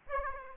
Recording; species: mosquito wingbeat signal from an infrared sensor; Aedes aegypti